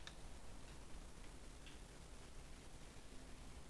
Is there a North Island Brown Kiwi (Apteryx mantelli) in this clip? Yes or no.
no